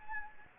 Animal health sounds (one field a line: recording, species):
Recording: mosquito wingbeat signal from an infrared sensor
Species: Anopheles arabiensis